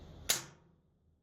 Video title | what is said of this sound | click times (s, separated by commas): how to build a swingarm for your awning | and it locks in place | 0.3 s